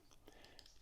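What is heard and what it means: A pocket tool piece is fitted by its little hook into its groove and pushed home, giving a few soft, faint ticks with a sharper click at 0.6 s. The attachment pops in and is confirmed seated in its groove.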